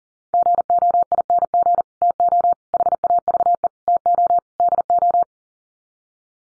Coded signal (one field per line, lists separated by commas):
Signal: Morse code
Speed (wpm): 40 wpm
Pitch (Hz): 700 Hz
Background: none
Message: GOING TO HAVE TO DO